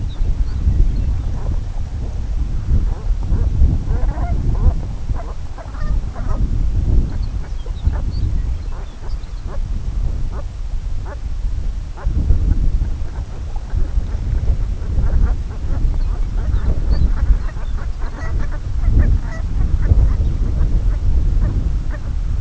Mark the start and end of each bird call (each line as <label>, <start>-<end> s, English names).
Lapland Longspur, 0.00-1.38 s
Brent Goose, 1.22-1.65 s
Brent Goose, 2.85-3.48 s
Brent Goose, 3.83-6.41 s
Brent Goose, 7.03-7.51 s
Lapland Longspur, 7.04-9.47 s
Brent Goose, 7.83-8.07 s
Brent Goose, 8.62-9.62 s
Brent Goose, 10.18-10.48 s
Brent Goose, 10.95-11.26 s
Brent Goose, 11.89-22.18 s
Lapland Longspur, 15.84-18.50 s